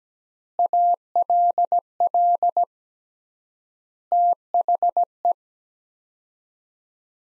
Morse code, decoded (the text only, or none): ALL THE